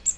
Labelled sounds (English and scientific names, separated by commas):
Magnolia Warbler (Setophaga magnolia) flight call